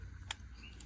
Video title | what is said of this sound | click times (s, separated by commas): Pinkeye in cattle | down till you hear it click | 0.3 s